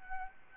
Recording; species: mosquito wingbeat signal from an infrared sensor; Aedes albopictus